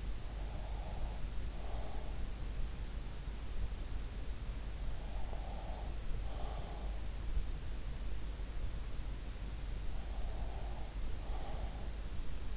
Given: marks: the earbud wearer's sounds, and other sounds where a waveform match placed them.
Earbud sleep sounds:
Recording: sounds in sleep by an in-ear microphone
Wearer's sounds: breath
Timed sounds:
0.00-3.04 s: breath
4.72-7.52 s: breath
9.85-12.57 s: breath

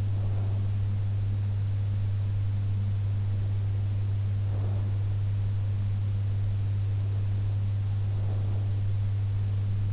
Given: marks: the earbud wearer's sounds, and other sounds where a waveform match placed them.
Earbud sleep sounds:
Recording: sounds in sleep by an in-ear microphone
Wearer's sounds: breath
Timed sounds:
0.00-0.99 s: breath
4.38-5.19 s: breath
7.99-8.97 s: breath

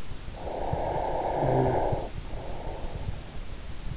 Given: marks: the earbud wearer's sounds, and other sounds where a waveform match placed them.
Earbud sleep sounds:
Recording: sounds in sleep by an in-ear microphone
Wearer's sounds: snoring breath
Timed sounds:
0.30-3.08 s: snoring breath

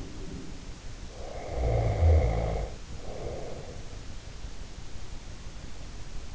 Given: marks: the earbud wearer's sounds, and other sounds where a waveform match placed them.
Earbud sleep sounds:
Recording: sounds in sleep by an in-ear microphone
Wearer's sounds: snoring breath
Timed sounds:
0.00-0.86 s: sound from someone else or the room
1.07-3.95 s: snoring breath

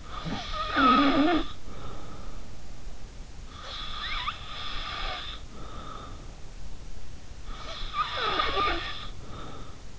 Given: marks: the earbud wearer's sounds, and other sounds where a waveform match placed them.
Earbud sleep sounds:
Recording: sounds in sleep by an in-ear microphone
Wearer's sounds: snoring breath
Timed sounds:
0.00-2.38 s: snoring breath
3.49-6.23 s: snoring breath
7.45-9.77 s: snoring breath

